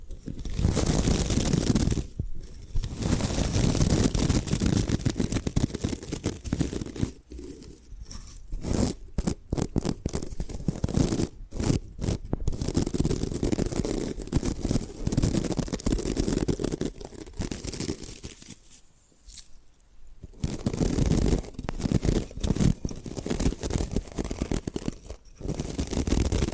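Bamboo is scratched and brushed in dense, crunchy strokes that fill most of the clip, with quick tapping bursts between roughly 8 and 13 seconds. Short pauses break the rasping near 2, 7 and 19 to 20 seconds before the scraping resumes.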